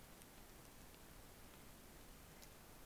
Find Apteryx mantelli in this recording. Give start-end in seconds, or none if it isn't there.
none